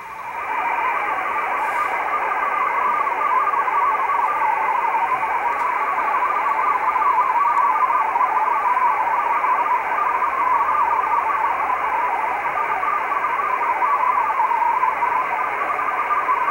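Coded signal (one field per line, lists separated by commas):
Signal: multi-tone FSK (Olivia or MFSK type)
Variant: Olivia 8/500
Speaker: So that's nice little decoding of an Olivia signal. Olivia being a digital mode.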